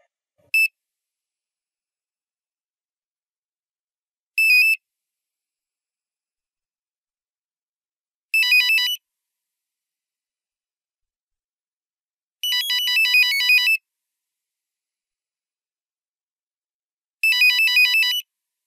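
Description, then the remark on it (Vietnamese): A shrill mobile phone at the head of a bed rings in five high-pitched electronic bursts, the first ones short and the later ones longer, each separated by several seconds of silence, with no voices. “Một hồi chuông điện thoại chói tai kéo tôi tỉnh giấc khỏi cơn mê.”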